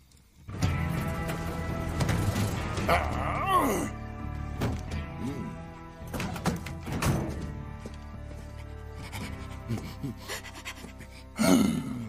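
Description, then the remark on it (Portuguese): A dog pants heavily and lets out a few short, strained barks and groaning whines, the breathy huffing running steadily throughout with a louder burst near the end. “Vai, salsicha, pede. Você consegue. Vamos lá, pede.”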